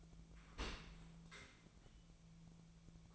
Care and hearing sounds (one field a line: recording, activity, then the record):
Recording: daily activity, microphone in the room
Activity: open dishwasher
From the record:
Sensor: 1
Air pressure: 1000.6 hPa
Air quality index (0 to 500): 182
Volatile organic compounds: 4 ppm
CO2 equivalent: 1678 ppm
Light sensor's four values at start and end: 13/32/13/15 and 13/33/13/15